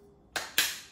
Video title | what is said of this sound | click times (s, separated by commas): My MCX Spear LT Setup (The Why’s and $$$) | Twist it until you hear the little click, | 0.4 s, 0.6 s